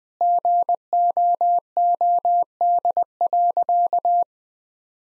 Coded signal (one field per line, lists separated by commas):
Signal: Morse code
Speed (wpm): 21 wpm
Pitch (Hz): 700 Hz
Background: none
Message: GOOD.